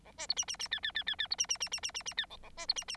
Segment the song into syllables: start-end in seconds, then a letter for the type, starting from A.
0.05-0.12 A, 0.18-0.27 B, 0.29-0.34 C, 0.36-0.45 D, 0.47-0.57 D, 0.59-0.68 D, 0.71-0.80 E, 0.83-0.92 E, 0.95-1.04 E, 1.06-1.16 E, 1.18-1.27 E, 1.30-1.36 C, 1.38-1.47 D, 1.49-1.58 D, 1.60-1.69 D, 1.71-1.80 D, 1.82-1.91 D, 1.94-2.03 D, 2.05-2.14 D, 2.17-2.26 E, 2.30-2.37 A, 2.43-2.50 A, 2.57-2.66 B, 2.68-2.74 C, 2.75-2.84 D, 2.88-2.97 D